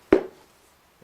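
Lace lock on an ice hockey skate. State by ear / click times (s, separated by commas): seated / 0.1 s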